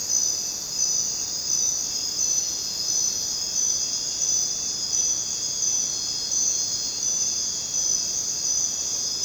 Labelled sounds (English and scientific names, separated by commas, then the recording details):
none
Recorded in dense forest near Puerto Asís, Putumayo, Colombia, on 22 June 2025 at 23:00
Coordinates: 0.484, -76.317
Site G045